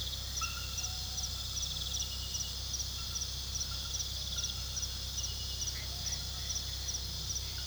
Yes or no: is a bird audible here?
no